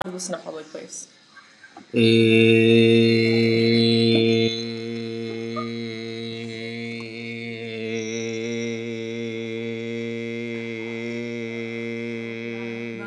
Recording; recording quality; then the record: sustained vowel as in made; moderate, slight background noise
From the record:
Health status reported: COVID-19 positive, mild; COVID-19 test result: positive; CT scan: not taken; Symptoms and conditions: none ticked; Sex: male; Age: 24 years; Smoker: no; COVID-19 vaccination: both doses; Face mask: not worn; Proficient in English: yes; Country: India